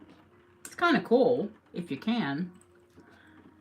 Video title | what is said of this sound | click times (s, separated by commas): Killer Queen 👑 Antique Jewelry Sunday Sale Antique and Vintage Jewelry and Collectibles ✨ | because it does give a good you heard a good satisfying snap | 0.6 s